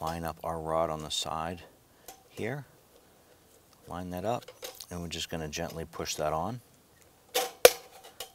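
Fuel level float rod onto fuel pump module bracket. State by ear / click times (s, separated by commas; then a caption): seated / 7.6 s. Someone talks while lining up the float rod of the fuel level sender on the side of the fuel pump module of a 2001-2007 Ford Escape and gently pushing it on. A sharp click at 7.6 s marks the rod seating onto the module bracket, pushed gently so as not to force or bend the rod.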